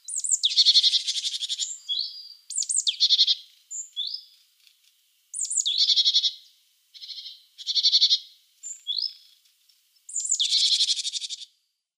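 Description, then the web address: Great tit: small bird with repeated dry, rattling churr phrases, most introduced by a high slurred note, separated by brief silences. "Schulze Peter Great Tit calls"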